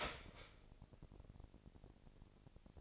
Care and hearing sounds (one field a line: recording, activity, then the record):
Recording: daily activity, microphone in the room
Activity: start toaster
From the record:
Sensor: 5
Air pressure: 1007.2 hPa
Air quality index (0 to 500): 125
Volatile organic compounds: 1 ppm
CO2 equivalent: 950 ppm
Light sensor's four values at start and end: 25/58/24/24 and 25/58/24/24